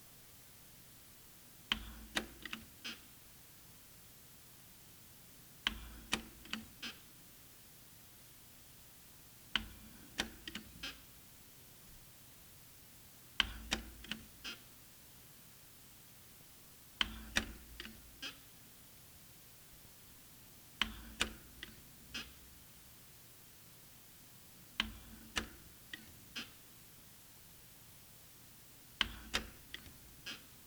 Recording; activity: daily activity, guitar pickup as the sensor; manipulate door